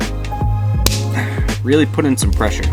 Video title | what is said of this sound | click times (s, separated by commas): Uptop Overland Scene Light Install & Truck update - 2016 Tacoma | You'll hear a couple clicks, and that's in. | 0.9 s